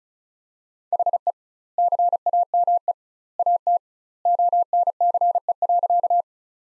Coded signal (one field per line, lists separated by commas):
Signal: Morse code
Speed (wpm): 36 wpm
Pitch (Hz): 700 Hz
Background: none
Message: HE CAME AT ONCE.